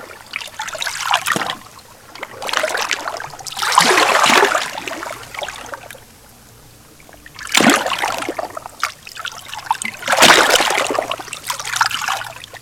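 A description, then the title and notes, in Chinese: Lake water from Qiandao Lake laps and splashes in uneven surges, with bright sloshing bursts near 1, 4, 8 and 10–11 seconds. A quieter lull falls around 5–7 seconds. A faint, steady low hum runs underneath throughout. 千岛湖湖水。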